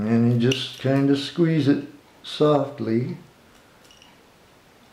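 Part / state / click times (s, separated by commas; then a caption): metal clasp on a wristwatch band / seated / 4.0 s. Someone talks while gently squeezing the metal clasp on a wristwatch band until it clicks closed. A short, faint click is heard at 4.0 seconds as the clasp seats.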